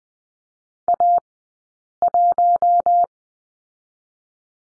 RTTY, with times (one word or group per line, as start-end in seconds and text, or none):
none